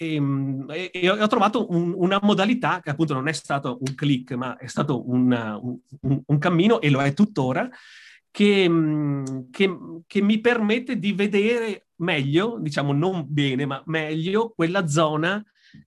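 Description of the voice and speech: An adult man who describes himself as a very severe stutterer speaks Italian at a moderate pace, with repeated whole-word and part-word stutters: 'un, un, un' and 'che, che, che'. Prolonged sounds and tense pauses break the flow. These are the core disfluencies of developmental stuttering.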